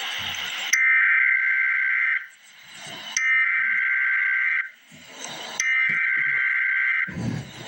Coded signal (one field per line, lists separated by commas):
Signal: Emergency Alert System (SAME) tones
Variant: header bursts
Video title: Emergency Alert System - Special Weather Statement - Dec 26, 2025 at 10:46 AM EST